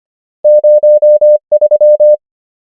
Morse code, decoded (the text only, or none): 0 3